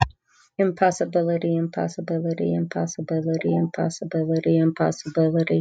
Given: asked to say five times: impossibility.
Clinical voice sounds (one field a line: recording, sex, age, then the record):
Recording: repeated word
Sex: female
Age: 40 to 49 years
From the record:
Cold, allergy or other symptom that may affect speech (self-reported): no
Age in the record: 48 years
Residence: Illinois, United States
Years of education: 13